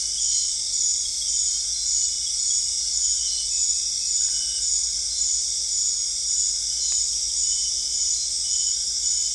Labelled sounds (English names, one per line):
none